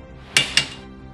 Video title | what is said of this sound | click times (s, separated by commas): Tire Change #00 - Fundamentals | lugs are being torqued to a hundred foot-pounds listen for the click | 0.4 s